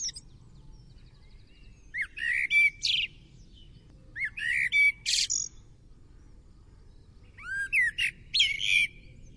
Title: BURUNgLainna. BLACKBIRD